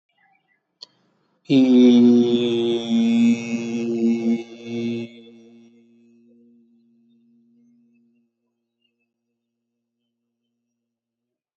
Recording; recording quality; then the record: sustained vowel as in beet; excellent, no background noise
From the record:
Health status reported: healthy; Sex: male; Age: 71 years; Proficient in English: yes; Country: India